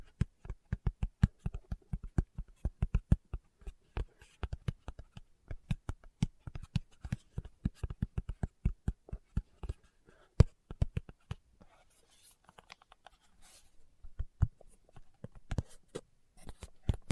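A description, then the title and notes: Fingertips tap in quick, uneven bursts of short, dull knocks, each with a soft low thud and a faint click on top. The taps come densely for the first ten seconds, thin out around twelve seconds, then pick up again in scattered clusters toward the end. ASMR Tapping with Fingertips (No Talking).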